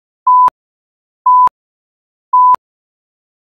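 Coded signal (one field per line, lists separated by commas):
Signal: none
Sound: countdown timer beeps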